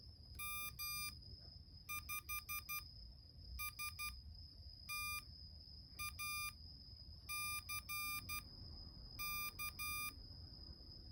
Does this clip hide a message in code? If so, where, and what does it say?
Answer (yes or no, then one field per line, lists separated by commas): yes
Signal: Morse code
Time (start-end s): 0.4-10.1 s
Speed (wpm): 12 wpm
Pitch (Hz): 2400 Hz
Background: none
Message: M5STACK